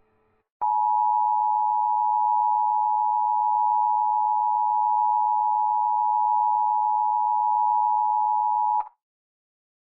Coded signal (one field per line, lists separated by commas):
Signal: Emergency Alert System (SAME) tones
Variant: 853 and 960 Hz attention tone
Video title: EAS Recreation: Peoria IL CDW 02/01/2022